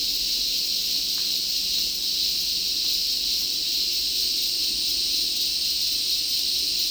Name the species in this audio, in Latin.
none